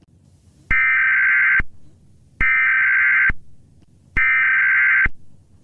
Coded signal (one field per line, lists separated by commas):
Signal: Emergency Alert System (SAME) tones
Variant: header bursts